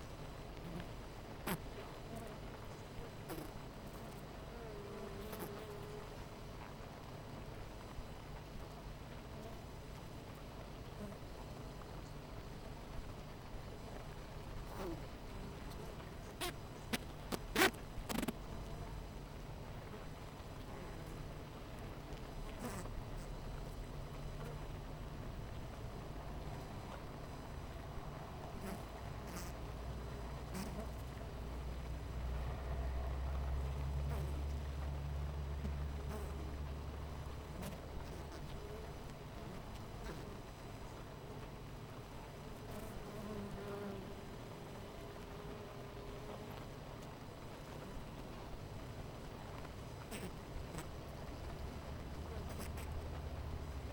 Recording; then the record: honeybee colony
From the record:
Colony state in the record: missing queen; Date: 14 July 2017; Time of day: 9:51